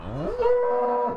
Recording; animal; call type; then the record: contact call of a hoofed animal; cattle; low-frequency (closed-mouth) or high-frequency (open-mouth) call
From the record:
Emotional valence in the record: negative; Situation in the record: full separation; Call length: 1.16 s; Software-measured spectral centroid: 910 Hz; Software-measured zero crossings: 1150 a second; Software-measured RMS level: -24 dBFS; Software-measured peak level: -12 dBFS